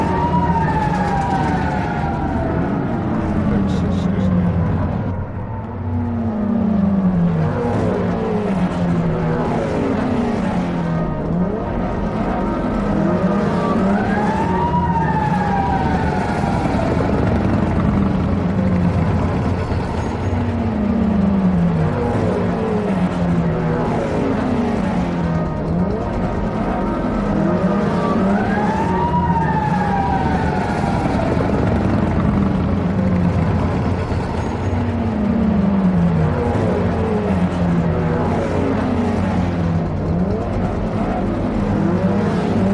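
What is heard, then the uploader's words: Traffic rumbles steadily throughout, a dense low roar of cars and engines with no breaks. A siren wails over it, rising and falling in repeated sweeps, loudest around fifteen and thirty seconds, while a lower warbling tone cycles underneath. Automobiles, trucks, construction equipment, mopeds and motorcycles, buses, street sounds and a variety of police and ambulance sirens. The Sounds of Motoring.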